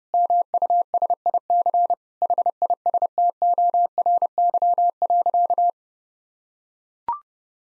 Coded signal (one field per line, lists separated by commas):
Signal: Morse code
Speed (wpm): 32 wpm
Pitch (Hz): 700 Hz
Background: none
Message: MUSIC HISTORY.